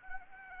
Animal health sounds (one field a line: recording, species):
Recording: mosquito wingbeat signal from an infrared sensor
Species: Anopheles arabiensis